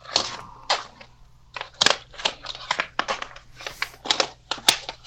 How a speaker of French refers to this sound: Me ramasse un papier, là. Il n'y a aucun problème.